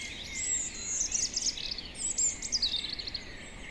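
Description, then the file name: European robin delivering a rapid stream of high, tinkling and warbled notes over a steady low background noise. "Erithacus rubecula"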